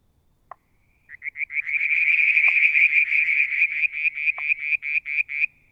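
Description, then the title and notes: Frog giving a long rapid trill that starts with spaced pulses, builds into a dense rattling run, then slows to separate pulses; three short knocks stand apart. Striped marsh frog, Verreaux's tree frog and an unidentified frog; one evening near a water tank, Mount Wilson, New South Wales, Australia, July 2022. "Frog song, Mount Wilson, New South Wales, Australia in July 2022 – by Alexander Moffatt. Limnodynastes Peronii, Litoria Verreauxii and a mystery frog one evening near the water tank"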